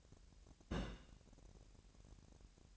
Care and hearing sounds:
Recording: daily activity, microphone in the room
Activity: place on stove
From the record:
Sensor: 2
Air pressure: 1011.9 hPa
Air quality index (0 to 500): 192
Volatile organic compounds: 3 ppm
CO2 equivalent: 1362 ppm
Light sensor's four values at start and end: 70/166/68/64 and 70/166/68/65

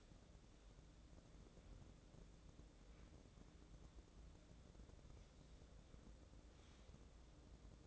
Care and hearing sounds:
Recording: daily activity, microphone in the room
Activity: wipe stove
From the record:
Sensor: 3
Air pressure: 1012.3 hPa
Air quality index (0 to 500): 174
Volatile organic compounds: 3 ppm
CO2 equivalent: 1336 ppm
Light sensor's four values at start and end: 591/1468/607/622 and 592/1472/609/624

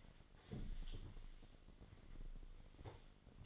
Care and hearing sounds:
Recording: daily activity, microphone in the room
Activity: sweep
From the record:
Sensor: 4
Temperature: 28.5 degrees Celsius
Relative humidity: 34.1%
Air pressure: 1007.8 hPa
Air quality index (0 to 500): 192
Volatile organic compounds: 6 ppm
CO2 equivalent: 1922 ppm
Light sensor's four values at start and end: 20/65/24/24 and 21/66/25/25

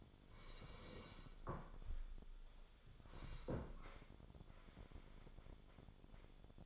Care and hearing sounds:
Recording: daily activity, microphone in the room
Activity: sit down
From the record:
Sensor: 5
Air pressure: 1015.3 hPa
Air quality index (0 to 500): 172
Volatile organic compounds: 6 ppm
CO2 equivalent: 1875 ppm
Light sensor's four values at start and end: 37/84/34/33 and 37/84/34/33

